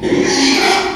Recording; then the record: squeal of a Yucatan mini pig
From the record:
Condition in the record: after surgery on the right vocal fold (resection and tissue-engineered implant); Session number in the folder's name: 2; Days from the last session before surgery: 13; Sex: male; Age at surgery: 12 weeks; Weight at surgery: 13 kg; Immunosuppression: cyclosporine, prednisolone